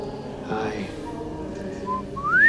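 Someone whistles a short melodic phrase: a brief steady note followed by a louder, upward-sliding one, rising above a low murmur of voices in the background.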